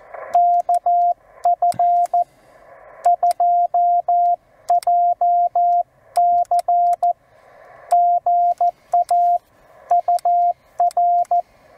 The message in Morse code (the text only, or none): KF2JC GA UR